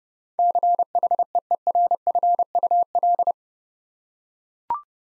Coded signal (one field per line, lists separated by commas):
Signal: Morse code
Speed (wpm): 30 wpm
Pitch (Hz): 700 Hz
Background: none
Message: CHEERFUL